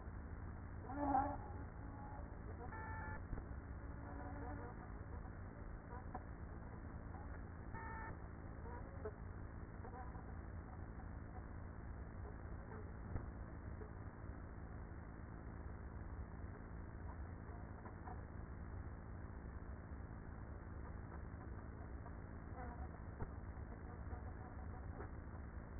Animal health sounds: honeybee colony, microphone inside the hive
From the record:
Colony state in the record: queenless with a low population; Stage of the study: after two queens were removed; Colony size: about 30,000 bees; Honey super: no

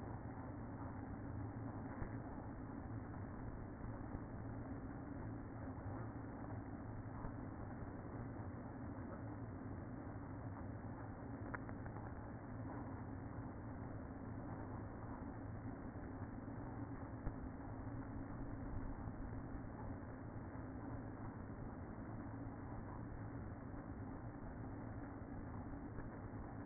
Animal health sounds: honeybee colony, microphone inside the hive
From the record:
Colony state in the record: queen present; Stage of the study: after two queens were removed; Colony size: about 60,000 bees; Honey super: yes

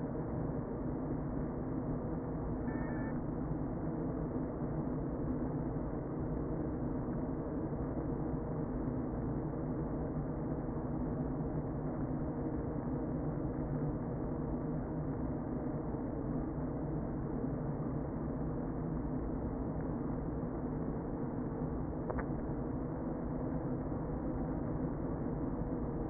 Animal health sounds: honeybee colony, microphone inside the hive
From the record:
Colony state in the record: queen present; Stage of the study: before two queens were removed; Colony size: about 60,000 bees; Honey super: yes

